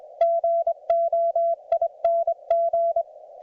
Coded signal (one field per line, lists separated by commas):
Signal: Morse code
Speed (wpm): 22 wpm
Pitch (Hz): 690 Hz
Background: none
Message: GOING